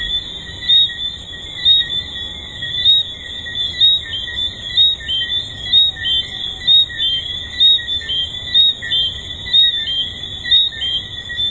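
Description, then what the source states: Chorus of tree frogs, overlapping high chirps pulsing roughly every second above a continuous shrill ringing tone. Recorded at Hedonism II resort.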